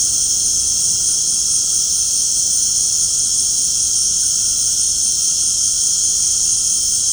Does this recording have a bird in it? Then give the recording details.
no. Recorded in secondary vegetation near Puerto Asís, Putumayo, Colombia, on 19 February 2024 at 19:00. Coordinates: 0.489, -76.322. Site G6419